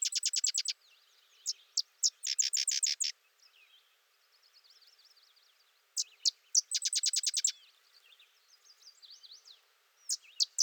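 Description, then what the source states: Sedge wren song: rapid dry chatter alternating with spaced sharp chips, phrases returning every few seconds, soft high twitters in the gaps. Singing close for over 3 minutes.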